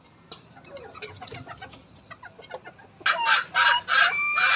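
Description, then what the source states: Rooster crowing: a run of soft, scattered clucks and chuckles gives way to a loud, harsh crow in broken bursts over the last second and a half. Bangkok breed rooster, crowing.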